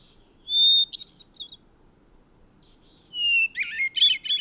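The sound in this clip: Bird song: a clear whistled note followed by quick twittering trills, two phrases separated by a pause.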